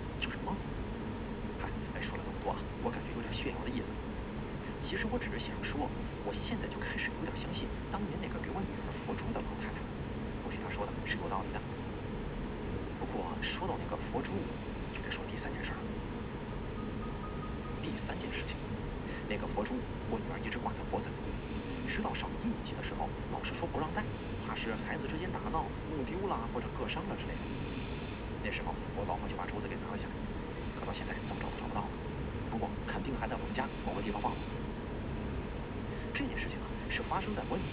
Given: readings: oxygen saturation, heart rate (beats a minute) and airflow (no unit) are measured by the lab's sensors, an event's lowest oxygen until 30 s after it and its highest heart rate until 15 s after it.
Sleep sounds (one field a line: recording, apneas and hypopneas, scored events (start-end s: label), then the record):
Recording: breathing in sleep by a voice recorder at the bedside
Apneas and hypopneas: 1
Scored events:
5.00-30.00 s: hypopnea (N1, oxygen 95% highest, then 92% lowest)
7.00-37.73 s: new sleep stage, N2 (light sleep)
From the record:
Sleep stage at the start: N1 (lightest sleep)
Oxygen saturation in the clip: 92 to 95%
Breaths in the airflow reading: 11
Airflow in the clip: -1.1 to 1.4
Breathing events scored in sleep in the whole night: 335 in 6.7 hours asleep